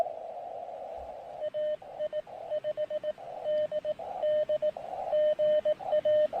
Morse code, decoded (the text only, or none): AI5DD GA